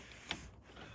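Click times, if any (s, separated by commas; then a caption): 0.3 s. The plastic connector position lock tab on a Cybertruck side mirror wiring plug is pushed down to secure the plug after it seats. A single short, sharp click sounds at 0.3 s over a low, steady background. The plug is seated and the lock tab is secured.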